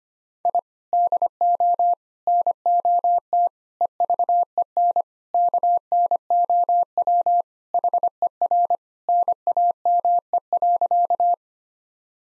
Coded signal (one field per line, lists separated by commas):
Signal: Morse code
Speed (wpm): 25 wpm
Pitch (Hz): 700 Hz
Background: none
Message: I DO NOT EVEN KNOW HER NAME.